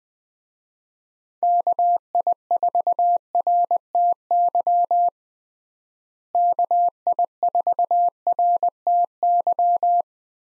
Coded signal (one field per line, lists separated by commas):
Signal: Morse code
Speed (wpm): 20 wpm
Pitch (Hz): 700 Hz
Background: none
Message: KI4RTY KI4RTY